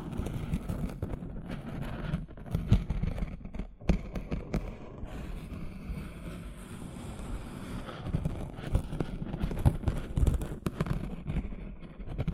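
Gentle scratching goes on steadily throughout, a dense, rough texture weighted toward the low end with a soft hiss above. Sharp clicks and taps cut through now and then, most noticeably around the third, fourth, tenth and eleventh seconds.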